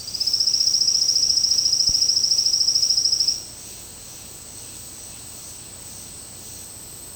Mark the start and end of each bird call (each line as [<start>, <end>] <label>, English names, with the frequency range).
[0.00, 3.46] Silvered Antbird (3.8-6.6 kHz)